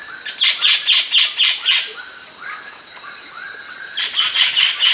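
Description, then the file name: Bird uttering two runs of rapid harsh squawks, with softer, lower downslurred notes in the pause between them and a constant faint hiss. "SABIOD 50 bird 2015"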